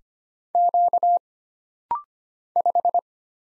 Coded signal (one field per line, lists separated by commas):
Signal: Morse code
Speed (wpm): 25 wpm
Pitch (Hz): 700 Hz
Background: none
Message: Q 5